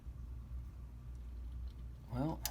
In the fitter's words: Unfortunately, it did not click.